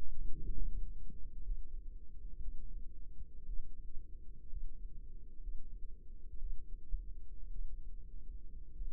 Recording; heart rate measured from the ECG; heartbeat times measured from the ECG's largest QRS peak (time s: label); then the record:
heart sounds by microphone in the left ear; 58 bpm
0.39 s: heartbeat
1.42 s: heartbeat
2.39 s: heartbeat
3.44 s: heartbeat
4.49 s: heartbeat
5.40 s: heartbeat
6.38 s: heartbeat
7.50 s: heartbeat
8.73 s: heartbeat
From the record:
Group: healthy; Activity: rest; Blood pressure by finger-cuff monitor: 99/62 mmHg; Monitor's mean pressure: 74 mmHg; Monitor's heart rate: 58 bpm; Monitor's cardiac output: 5.1 L/min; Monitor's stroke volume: 89 mL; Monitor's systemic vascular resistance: 1020 dyn s/cm5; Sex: female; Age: 28 years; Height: 170 cm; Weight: 77 kg